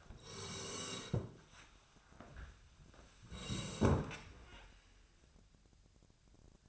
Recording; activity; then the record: daily activity, microphone in the room; sit down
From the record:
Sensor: 2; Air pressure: 1015.1 hPa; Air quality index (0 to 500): 158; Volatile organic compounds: 8 ppm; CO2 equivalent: 2049 ppm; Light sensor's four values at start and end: 10/23/10/10 and 12/33/12/14